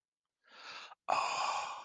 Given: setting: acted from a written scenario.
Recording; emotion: vocal sound without words; awe